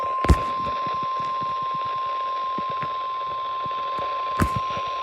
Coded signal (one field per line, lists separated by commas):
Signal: Emergency Alert System (SAME) tones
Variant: 1050 Hz attention tone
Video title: EAS Completion #30 Marginal Risk Insantiy EAS Alerts from July 3 EAS 849-904